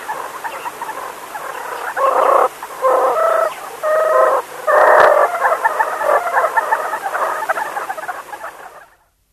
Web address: meerkat